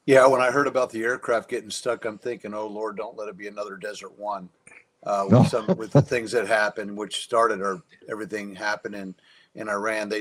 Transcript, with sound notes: Yeah, when I heard about the aircraft getting stuck, I'm thinking, oh Lord, don't let it be another Desert One, uh, with some-... (laughs) with the things that happened, which started our everything happening in Iran.